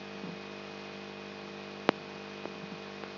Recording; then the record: brain microelectrode recording played as sound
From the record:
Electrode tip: outside the subthalamic nucleus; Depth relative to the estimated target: -6 mm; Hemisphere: right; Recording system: AlphaMap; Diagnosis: Parkinson's disease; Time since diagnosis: 10 years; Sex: male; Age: 56 years